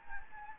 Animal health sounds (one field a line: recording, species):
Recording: mosquito wingbeat signal from an infrared sensor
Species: Anopheles gambiae